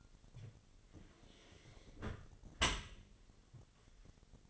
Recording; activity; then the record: daily activity, microphone in the room; close dishwasher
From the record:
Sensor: 4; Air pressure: 1007.6 hPa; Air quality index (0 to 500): 200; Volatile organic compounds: 7 ppm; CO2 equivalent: 1998 ppm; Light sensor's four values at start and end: 22/69/26/26 and 22/70/27/26